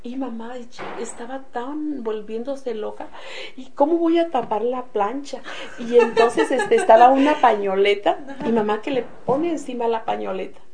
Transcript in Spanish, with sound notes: Y mi mamá estaba tan volviéndose loca y: “¿Cómo voy a tapar la plancha?”. (carcajadas) Y entonces este estaba una pañoleta y mi mamá que le pone encima la pañoleta.